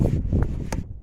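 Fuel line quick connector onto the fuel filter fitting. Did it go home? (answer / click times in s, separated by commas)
no / none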